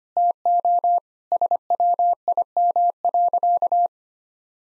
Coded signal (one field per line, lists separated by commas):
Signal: Morse code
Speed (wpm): 25 wpm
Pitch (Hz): 700 Hz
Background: none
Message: TO SWIM.